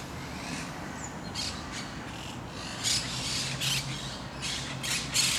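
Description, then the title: Parakeet squawks, harsh and scratchy, several rough bursts spaced irregularly, with a constant low hum underneath. Recorded in Parc de Forest, Saint-Gilles, Belgium, with Sony PCM-D100 internal microphones in wide position. "Parc de Forest, 1060 Saint-Gilles, Belgique - Parakeets - Perruches"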